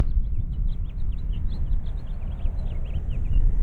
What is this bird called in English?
House Finch